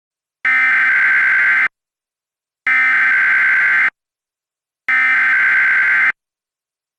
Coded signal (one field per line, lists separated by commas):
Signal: Emergency Alert System (SAME) tones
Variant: header bursts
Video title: EAS Scenario Deleted Scenes: The Freezing One (Part 1)